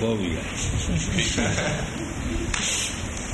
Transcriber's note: laughs